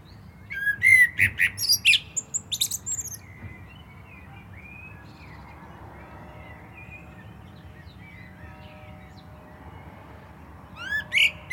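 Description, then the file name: Common blackbird song: a rich phrase of mellow whistled notes breaking into high, scratchy twitters, then quiet faint warbling before a new phrase begins at the end. "Turdus merula"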